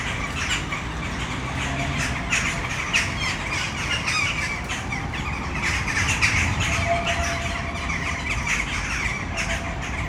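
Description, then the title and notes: Western jackdaws calling rapidly, many short squawks from many birds over a low background rumble. Flock in a tree full of jackdaws, city center of Brno, Czech Republic, at sunset. "Malinovského nám. 571/1, 602 00 Brno-střed-Brno-město, Česko - Western jackdaws at sunset. A tree full of jackdaws in the city center of Brno"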